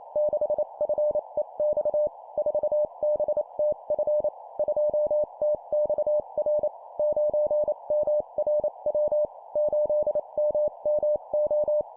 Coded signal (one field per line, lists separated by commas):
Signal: Morse code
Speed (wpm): 28 wpm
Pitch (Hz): 600 Hz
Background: none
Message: 6FEX 4BTF 2TXR 9MRW 8MMO